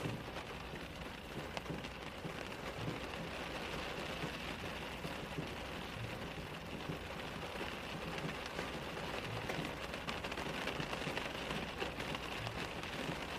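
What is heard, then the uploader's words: Rain drums on a car window in a dense, steady patter that holds at an even level for the whole stretch. Countless small drop hits crackle over a low, muffled rumble, with no pauses or sudden changes. Rain on Car Window. Sound of rain on a car window.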